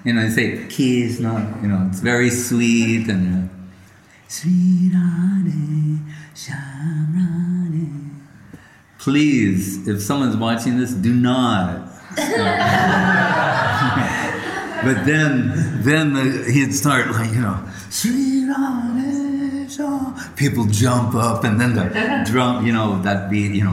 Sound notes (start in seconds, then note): 12.1 laughs; 17.3 singing more intense